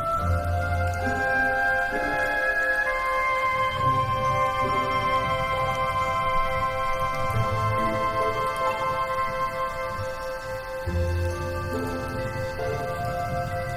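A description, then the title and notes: Sustained soundtrack chords shift slowly over a steady hiss of rain, with a deep low tone swelling in every few seconds. Original sound tracks with rain.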